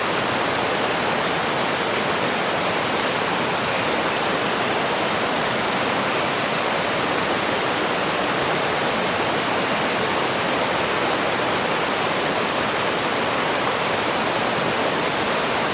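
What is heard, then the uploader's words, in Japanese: A waterfall rushes steadily in the jungle, a dense, unbroken roar that fills the lows through the highs without any change over the whole stretch. A faint thin tone hangs high above the water, and no separate bird calls stand out. アマゾンの滝のせせらぎの音。ブラジルのカショエイラ・ペドラ・フラダ。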